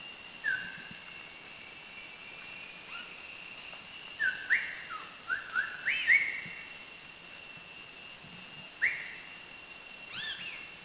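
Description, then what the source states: Philippine fairy-bluebird calling with short clear whistled notes, some rising and arched, in a loose series, with constant insect buzzing behind. Recorded on Bohol, Philippines.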